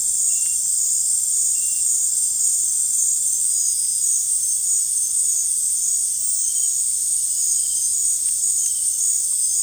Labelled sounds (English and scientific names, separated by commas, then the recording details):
none
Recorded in dense forest near Puerto Asís, Putumayo, Colombia, on 23 June 2025 at 19:00
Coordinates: 0.503, -76.323
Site G059